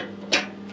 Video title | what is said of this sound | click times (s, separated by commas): Waste Oil Buring water heater pt2 | it locks into place works | 0.3 s